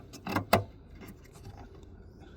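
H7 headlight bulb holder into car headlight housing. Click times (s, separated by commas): 0.5 s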